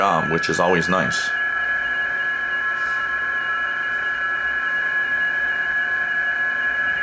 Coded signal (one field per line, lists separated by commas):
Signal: PSK31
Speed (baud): 31.25 baud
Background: speech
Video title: Demonstration of Bpsk31 Decoding using FLDIGI software